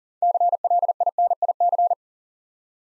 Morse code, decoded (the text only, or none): CLINIC